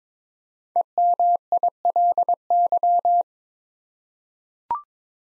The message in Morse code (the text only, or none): EMILY